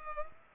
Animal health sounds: mosquito wingbeat signal from an infrared sensor; Culex pipiens

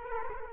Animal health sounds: mosquito wingbeat signal from an infrared sensor; Culex quinquefasciatus

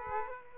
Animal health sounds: mosquito wingbeat signal from an infrared sensor; Aedes aegypti

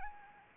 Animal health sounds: mosquito wingbeat signal from an infrared sensor; Anopheles gambiae

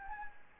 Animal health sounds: mosquito wingbeat signal from an infrared sensor; Anopheles gambiae

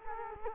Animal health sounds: mosquito wingbeat signal from an infrared sensor; Culex quinquefasciatus

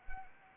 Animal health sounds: mosquito wingbeat signal from an infrared sensor; Anopheles arabiensis

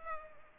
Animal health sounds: mosquito wingbeat signal from an infrared sensor; Culex pipiens

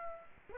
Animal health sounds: mosquito wingbeat signal from an infrared sensor; Aedes aegypti

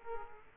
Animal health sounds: mosquito wingbeat signal from an infrared sensor; Aedes aegypti

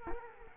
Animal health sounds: mosquito wingbeat signal from an infrared sensor; Culex quinquefasciatus

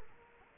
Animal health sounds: mosquito wingbeat signal from an infrared sensor; Culex quinquefasciatus

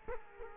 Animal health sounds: mosquito wingbeat signal from an infrared sensor; Culex quinquefasciatus

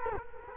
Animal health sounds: mosquito wingbeat signal from an infrared sensor; Culex quinquefasciatus

